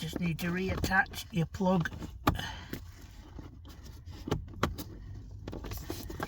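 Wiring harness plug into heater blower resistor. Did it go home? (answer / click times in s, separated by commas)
yes / 4.6 s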